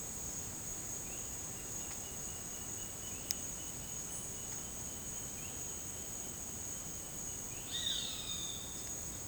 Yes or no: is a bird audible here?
yes